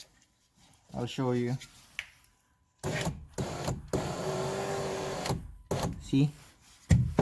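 A door trim or window part is handled on the interior door and window assembly of a Dodge Ram pickup during a window replacement, while someone talks. Several broad, noisy bursts and short knocks are heard as the part is worked toward position. The part has not seated or clicked yet.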